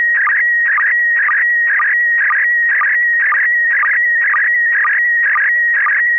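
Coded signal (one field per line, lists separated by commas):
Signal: SSTV (slow-scan television)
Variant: PD120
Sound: warbling, scratchy tone around 2 kHz with short low ticks about twice a second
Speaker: uh affirmative this picture is going to go out PD 120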